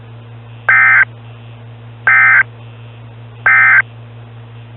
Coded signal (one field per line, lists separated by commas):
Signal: Emergency Alert System (SAME) tones